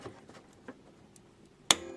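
A desktop RAM stick is pushed down on both ends into a motherboard DIMM slot until the side retention clips latch. After a few faint ticks, a single sharp, loud click rings out at 1.7 s. The module is seated in the slot.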